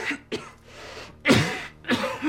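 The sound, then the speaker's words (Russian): A man coughs into a handkerchief: several harsh, muffled coughs in uneven bursts, the later ones louder and throatier, with no talking. “Рамануджан кашляет, закрывая рот платком.”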